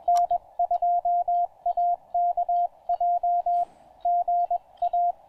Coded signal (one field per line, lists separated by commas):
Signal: Morse code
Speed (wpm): 20 wpm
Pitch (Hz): 690 Hz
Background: radio noise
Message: N2AKJ GA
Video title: POTA Pileups on 20 meters! Pairing the Penntek TR-35 & Chelegance MC-750 at Table Rock Fish Hatchery